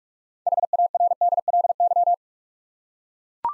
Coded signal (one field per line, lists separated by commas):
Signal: Morse code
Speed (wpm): 44 wpm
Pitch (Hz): 700 Hz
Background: none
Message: HARDLY